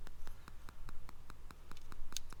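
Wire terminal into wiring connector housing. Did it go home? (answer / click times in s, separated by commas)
yes / 2.2 s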